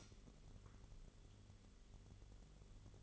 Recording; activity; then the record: daily activity, microphone in the room; light on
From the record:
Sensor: 4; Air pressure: 1008.7 hPa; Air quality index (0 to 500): 93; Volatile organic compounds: 1 ppm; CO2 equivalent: 702 ppm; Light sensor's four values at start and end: 13/29/11/11 and 13/31/12/12